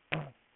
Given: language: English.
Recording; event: throat vibration sensor signal played as sound; throat clearing